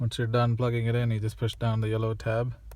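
Someone talks while handling the airbag connectors on the steering-wheel airbag module of a 2014–2019 Toyota Highlander LE, about to push the yellow locking tab down on the plug after plugging the connectors in. Only speech is heard; nothing has seated or clicked yet.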